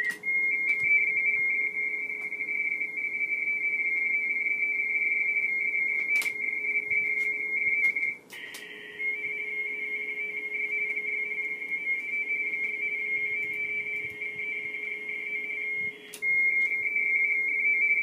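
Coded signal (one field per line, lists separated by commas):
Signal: RTTY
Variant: 45 baud RTTY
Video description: AK5Y Working the BARTG HF RTTY CONTEST 2013-10-80 METERS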